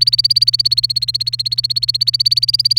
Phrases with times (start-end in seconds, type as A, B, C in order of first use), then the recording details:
0.00-2.79 A. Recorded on 28 April 2018 at 06:48. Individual llb3